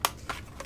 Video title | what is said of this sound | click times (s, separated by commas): Rome Tech Belt Clip Phone Case for Samsung Galaxy S23 Ultra - RomeTech | this belt clip is really heavy duty you can hear it really snaps in place so | 0.0 s